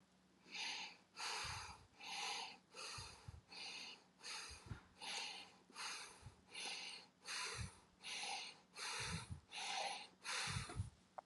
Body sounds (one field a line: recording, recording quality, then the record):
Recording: shallow breathing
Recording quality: excellent, no background noise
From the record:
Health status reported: healthy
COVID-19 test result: not tested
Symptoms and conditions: none ticked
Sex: male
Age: 44 years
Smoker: not ticked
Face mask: not worn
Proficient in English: yes